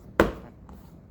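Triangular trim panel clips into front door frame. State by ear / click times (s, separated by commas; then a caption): seated / 0.2 s. A triangular plastic trim panel on a Kia Sportage is pressed firmly into the front door frame, and its retaining clips snap in with one sharp, loud click at 0.2 s that rings briefly. A faint tap follows at 0.7 s. The panel is seated.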